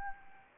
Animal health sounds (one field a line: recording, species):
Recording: mosquito wingbeat signal from an infrared sensor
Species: Anopheles gambiae